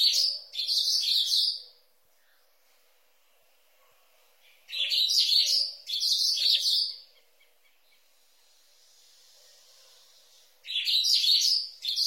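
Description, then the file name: Green-winged saltator song, dense rich warbling phrases of one to two seconds, given in bursts mostly separated by several seconds of near silence. "canto do bico duro"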